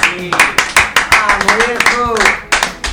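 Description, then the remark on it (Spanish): A burst of applause for a musician who provided the music on a radio program: sharp, irregular hand claps from a small group, steady and fairly loud for a few seconds, with voices calling and talking over it. “Un aplauso, che.”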